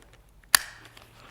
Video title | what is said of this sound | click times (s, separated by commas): Our Town Show 32 - Childrens Car Seats Officer Dave Clark - 2008 | and these two clips here snap in you'll hear them click into place | 0.6 s